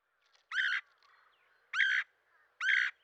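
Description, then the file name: Red-headed woodpecker calls: three harsh, raspy, rolling notes about a third of a second each, spaced about one second apart, in a quiet background. "dan-gibsons-solitudes red-headed-woodpecker"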